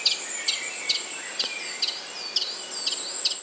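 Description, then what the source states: Common chiffchaff, a series of short high chipping notes, a little over two per second, with a faint continuous high whine behind. Small sound at the start of the song likened to a little clock being wound up; song likened to a small ticking clock.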